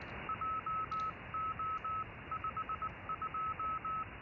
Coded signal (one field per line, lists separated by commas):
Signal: Morse code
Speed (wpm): 19 wpm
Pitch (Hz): 1290 Hz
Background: none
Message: JO52